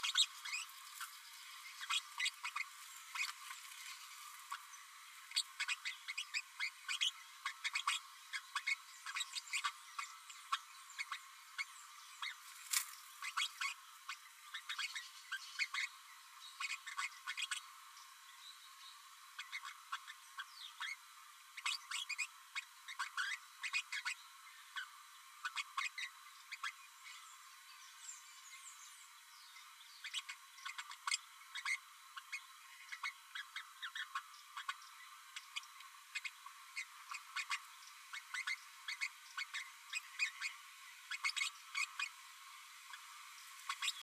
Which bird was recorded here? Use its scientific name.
Forpus passerinus